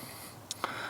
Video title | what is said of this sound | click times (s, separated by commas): Changing Spark Plug Wires Ford Ranchero | these guys you can actually hear them click down when they go all the way in | 0.5 s, 0.6 s